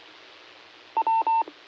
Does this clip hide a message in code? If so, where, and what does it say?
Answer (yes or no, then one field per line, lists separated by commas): no